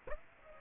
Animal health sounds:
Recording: mosquito wingbeat signal from an infrared sensor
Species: Aedes aegypti

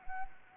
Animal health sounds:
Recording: mosquito wingbeat signal from an infrared sensor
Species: Anopheles arabiensis

